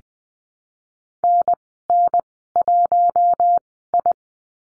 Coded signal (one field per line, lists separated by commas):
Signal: Morse code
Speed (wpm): 20 wpm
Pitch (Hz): 700 Hz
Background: none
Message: NN1I